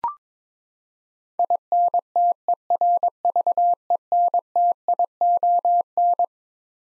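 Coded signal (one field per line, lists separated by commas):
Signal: Morse code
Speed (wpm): 21 wpm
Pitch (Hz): 700 Hz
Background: none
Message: INTERVENTION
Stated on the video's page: Morse code head-copy drill of twelve-letter words at 22 wpm, each word sent, spoken, then sent again.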